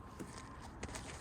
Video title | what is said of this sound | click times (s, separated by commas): Mini Cooper R50 front brake Pads removal and replacement | kind of locks into place so it doesn't come out | 0.8 s, 1.0 s